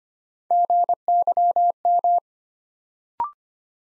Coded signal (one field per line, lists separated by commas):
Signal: Morse code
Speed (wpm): 25 wpm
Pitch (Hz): 700 Hz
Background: none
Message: GYM